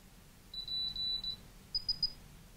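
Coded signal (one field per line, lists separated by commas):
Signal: beep code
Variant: Altus Metro EasyMini altimeter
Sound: high-pitched electronic beeps: short, long, long, short, then a few quick faint chirps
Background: low room hum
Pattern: 1 short, 2 long, 1 short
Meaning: Pad mode: altimeter armed, not connected to a computer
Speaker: we're getting pad mode pad mode is dit da da dit so let's hear that again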